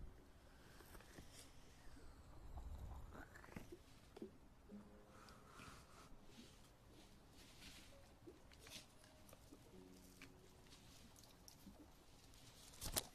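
Ear eating and ear massage sounds: soft, irregular wet clicks and rubbing continue throughout at a fairly even level, with brief squeaky tones now and then. A muffled low thump comes near three seconds, and a sharp, louder crackle arrives just before the end.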